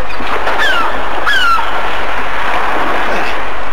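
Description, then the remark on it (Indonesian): A loud, steady wash of sea waves around a small sampan out on the open sea in the evening, the waves beginning to grow, with two brief, high, falling cries early on and no voices. “Dia melaut dengan sampan kecil itu.”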